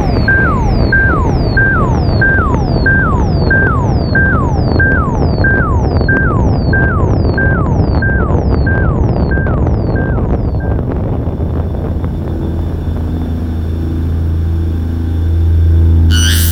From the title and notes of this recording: Cargo - Spaceship Sound Effects. Cockpit and interior ambiences. Interface and beep sounds. Reactor rumbles.